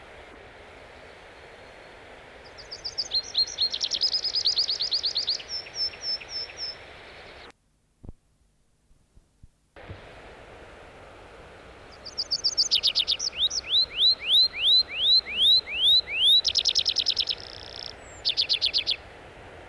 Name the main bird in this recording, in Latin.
Anthus trivialis